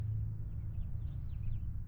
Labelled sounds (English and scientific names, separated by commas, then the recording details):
House Finch (Haemorhous mexicanus) song
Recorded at Wantagh on Long Island, New York, on 21 May 1975
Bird E